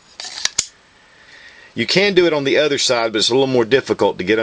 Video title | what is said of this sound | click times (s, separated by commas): Glock 81 Survival Knife Review | Just snap, and it comes right out. | 0.6 s